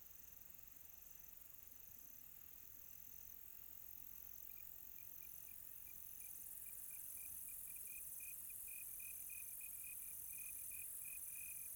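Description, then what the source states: Cricket chirps start faint and grow clearer halfway through as short repeated high pulses, with a softer second insect trilling higher and a steady background hiss. Quiet tropical night.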